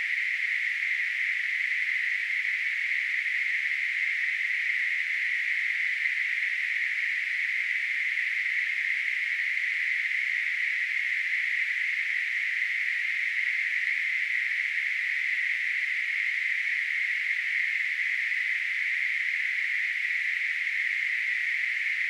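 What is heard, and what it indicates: Tinnitus simulation: a steady, unbroken band of hissing noise centered near 2 kHz, heard at a constant level throughout.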